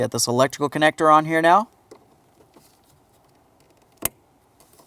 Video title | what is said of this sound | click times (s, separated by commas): How to Replace Brake Light Switch 2010-2013 Kia Forte Koup | Press it in, listen for a click. | 4.1 s